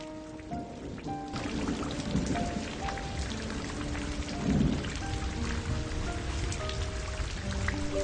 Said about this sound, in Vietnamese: Tả Chấn đưa tay để một cánh cửa sổ ra. Gió chèn lẫn với mưa bụi ập vào mặt, lạnh như băng, khiến cho cảm giác say cũng tiêu tán mất ba phần.